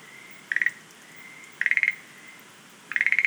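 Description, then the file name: Schlegel's green tree frog calling three times, each a fast clicking rattle that gets longer, spaced about 1.3 seconds apart over a faint tone. "rodolphe alexis - rhacophorus schlegelii"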